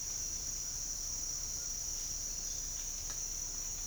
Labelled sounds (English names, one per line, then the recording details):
none
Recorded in dense forest near Puerto Asís, Putumayo, Colombia, on 13 March 2025 at 08:30
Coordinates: 0.484, -76.325
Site G045